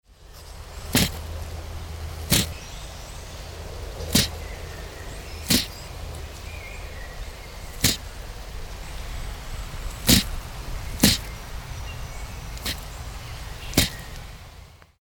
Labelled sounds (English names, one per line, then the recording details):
Eurasian Blue Tit
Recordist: Tembrock, Günter
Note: Gefiedergeräusche